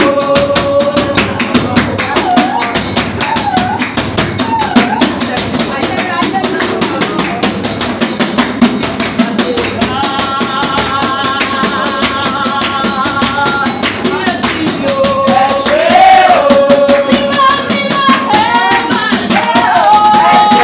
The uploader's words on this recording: Praising God the Christ Apostolic Church way! We had this worker's praise meeting after work and it was all about clapping and bell and the African drumming way!